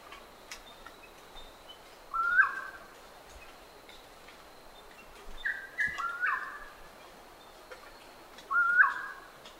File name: newcaledonianfriarbird